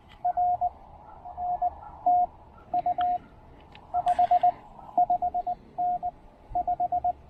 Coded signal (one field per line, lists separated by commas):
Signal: Morse code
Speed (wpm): 20 wpm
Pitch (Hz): 690 Hz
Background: radio noise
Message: R NTU 55N 5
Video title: Logging some serious QRP DX with the TR-45 and Tufteln EFRW during a quick afternoon POTA break!